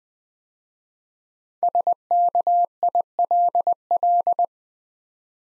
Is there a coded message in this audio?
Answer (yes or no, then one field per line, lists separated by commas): yes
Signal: Morse code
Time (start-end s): 1.6-4.5 s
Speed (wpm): 20 wpm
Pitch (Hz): 700 Hz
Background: none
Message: SKILL